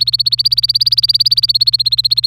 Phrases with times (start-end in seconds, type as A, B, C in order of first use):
0.00-2.27 A